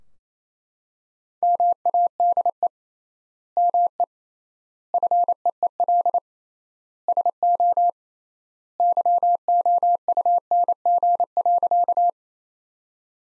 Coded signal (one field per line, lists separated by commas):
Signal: Morse code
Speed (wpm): 28 wpm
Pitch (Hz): 700 Hz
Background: none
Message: MADE ME FEEL SO YOUNG.